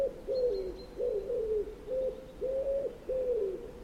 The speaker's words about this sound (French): Des sons à but communicatif émis par les oiseaux qui ne sont pas issus de leur syrinx, il y en a plein. Prenez un oiseau très connu des grandes villes européennes, le pigeon ramier.